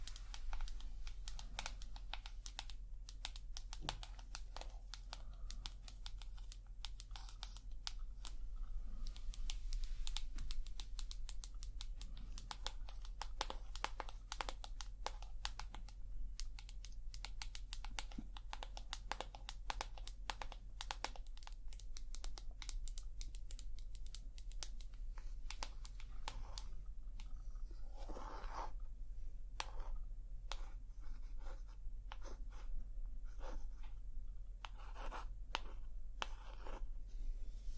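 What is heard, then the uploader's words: Dense, quick tapping clicks patter almost continuously for the whole clip over a steady low hum, thinning into sparser taps near the end. ASMR Tapping. Long Nails, No Talking.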